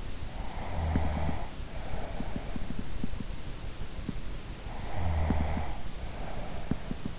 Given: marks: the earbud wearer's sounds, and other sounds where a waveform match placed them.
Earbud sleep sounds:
sounds in sleep by an in-ear microphone; snoring breath
0.55-2.91 s: snoring breath
4.72-7.19 s: snoring breath

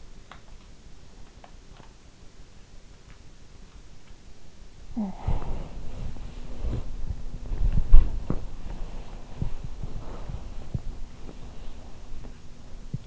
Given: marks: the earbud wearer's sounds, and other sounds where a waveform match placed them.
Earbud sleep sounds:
sounds in sleep by an in-ear microphone; body movement, talking in sleep, breath
2.87-4.36 s: body movement
4.91-5.72 s: talking in sleep
5.68-13.07 s: body movement
10.01-12.01 s: breath

